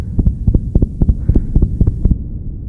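Rapid heartbeat of a bus driver after being verbally abused, insulted and threatened.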